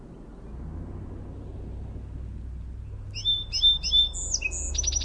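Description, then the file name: Song sparrow song after three seconds of low rumbling background: repeated introductory notes, high slurred phrases and a fast buzzy trill at the close. "SOSP song"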